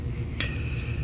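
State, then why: Released. The snap-fit cap is pulled off a black metal Hongdian H1 fountain pen over a low steady hum. It releases with a single sharp click at 0.4 s that rings briefly, and the cap comes free.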